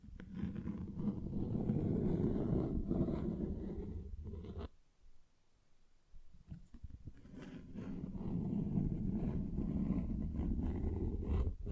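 Dense, low, rumbling scratching textures fill the clip, stopping for a brief near-silent pause around five seconds, then gradually building back up.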